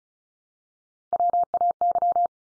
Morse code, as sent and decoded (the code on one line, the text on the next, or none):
.-- .- -.--
WAY